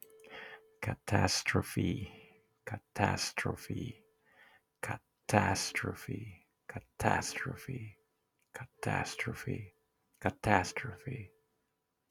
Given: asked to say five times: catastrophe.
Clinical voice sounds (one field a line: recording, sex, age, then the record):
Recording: repeated word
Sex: male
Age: 40 to 49 years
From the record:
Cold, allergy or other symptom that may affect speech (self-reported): no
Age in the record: 49 years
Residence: Colorado, United States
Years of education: 14